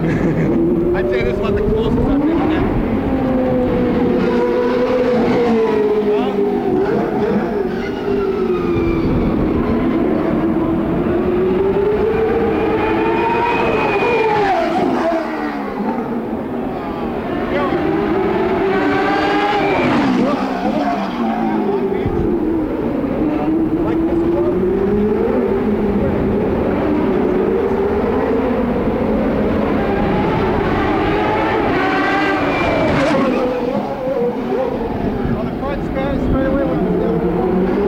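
IndyCar racing on a street circuit: a steady wall of engine noise, with pitches rising and falling as cars pass, shifting gears every few seconds.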